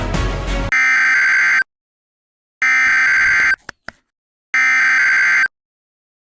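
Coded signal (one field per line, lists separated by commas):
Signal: Emergency Alert System (SAME) tones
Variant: header bursts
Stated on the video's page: Required weekly EAS test during Tornado Awareness Week, plus a NOAA weather radio required weekly test capture.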